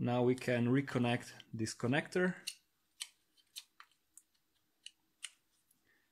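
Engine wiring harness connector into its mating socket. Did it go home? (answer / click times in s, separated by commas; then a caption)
yes / 4.9 s. Someone talks, then reconnects a plastic engine wiring harness connector into its mating socket on the engine during timing chain work. A series of short, sharp plastic clicks and snaps follows, and the connector clicks in and seats at 4.9 s.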